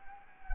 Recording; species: mosquito wingbeat signal from an infrared sensor; Anopheles gambiae